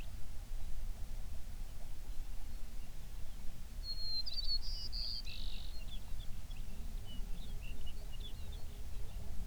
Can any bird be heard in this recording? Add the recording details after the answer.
yes. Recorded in the Prudhoe Bay oil fields, Alaska, on 11 June 2019 at 05:15. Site 21